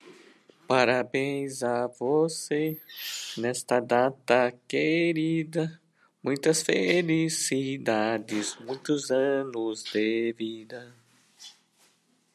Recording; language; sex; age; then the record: short text; Brazilian Portuguese; male; 50 to 59 years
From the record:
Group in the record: control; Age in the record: 57 years